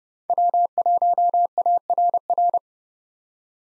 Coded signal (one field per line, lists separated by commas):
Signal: Morse code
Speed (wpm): 30 wpm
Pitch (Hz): 700 Hz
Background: none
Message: W1ARR